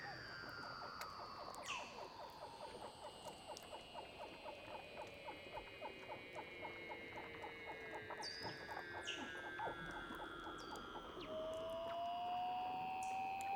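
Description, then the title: Weddell seals: several slow descending pulsed trills layered together, with a brief rising whistle near the end. Weddell seals, recorded underwater. "Douglas Quin - Weddell Seals (Underwater)"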